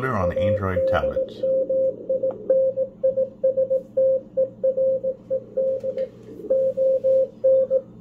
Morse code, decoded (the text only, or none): ADMINISTERED ON